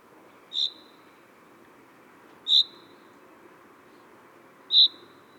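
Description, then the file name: Common chaffinch calling three times, short high chips spaced roughly two seconds apart, over steady background noise. "Fringilla coelebs"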